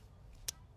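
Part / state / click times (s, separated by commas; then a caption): wiring harness connector onto a fuel injector / seated / 0.5 s. A new plastic Holley wiring harness connector is pushed onto a fuel injector on a Foxbody Mustang during a Holley Terminator X install, replacing old factory injector connectors that are broken. After a quiet, faint background, a single sharp, very brief click sounds at 0.5 s. The connector is seated on the injector.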